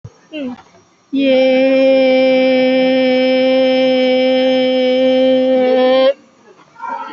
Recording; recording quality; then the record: sustained vowel as in made; excellent, no background noise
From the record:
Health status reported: COVID-19 positive, mild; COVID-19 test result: positive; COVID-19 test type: RT-PCR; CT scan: not taken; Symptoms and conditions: cold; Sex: female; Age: 65 years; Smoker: no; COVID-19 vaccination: both doses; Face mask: worn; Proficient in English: yes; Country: India